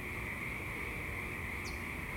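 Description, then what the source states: Frog chorus as a continuous even trilling drone, unbroken across the whole stretch, with a couple of faint high chirps near the end. Pond at Knickerbocker, frogs back in full force, pond somewhat low, frog eggs and tadpoles present.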